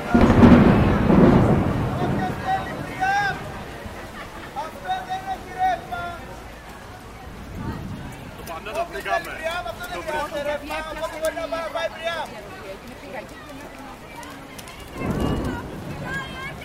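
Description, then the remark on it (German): A heavy cloudburst hisses steadily while deep, booming rumbles of thunder burst in at the start, midway and near the end, with people talking throughout over the storm as they flee under tents and run around covering loudspeakers with tarps. “und einige andere rennen im Wolkenbruch herum und decken die Lautsprecher mit Planen ab.”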